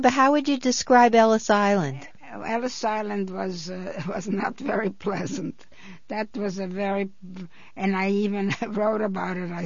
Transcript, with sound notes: How would you describe Ellis Island?
Ellis Island was, was not very pleasant. (she laughs) That was a very, and I even wrote about it.